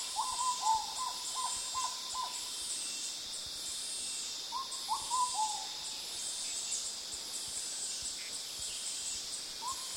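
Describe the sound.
Ruddy pigeon cooing in short hollow phrases, a run of quick low notes at the start then briefer phrases later, against constant high-pitched insect buzzing.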